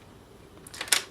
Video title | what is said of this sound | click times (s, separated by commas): Traxxas TRX4 Bronco LED LIght Kit Part # 8035 Install!! | these just snap in real simple | 0.9 s